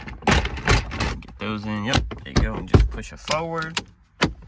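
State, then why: Seated. Someone talks while the tabs of a plastic gauge cluster hood are lined up in their slots on the dashboard of a Miata NB during an LED gauge cluster lights install. The hood is pushed forward and down, and it snaps into place with a sharp click at 4.2 s, seated.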